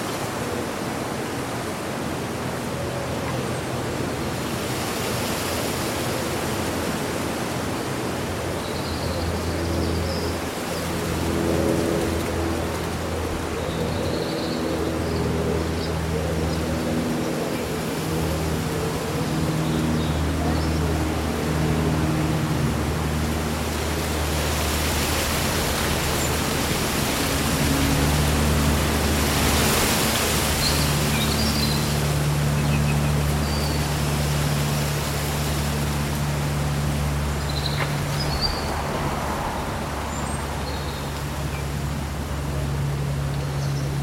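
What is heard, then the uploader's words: Leaves rustle in a breeze on a summer day, a steady, dense hiss that swells in gusts around 5, 12, and 25 to 30 seconds. A low, droning hum runs underneath throughout, and a few faint bird chirps come through now and then. Breezy Summer Day Rustling Leaves and Birdsong.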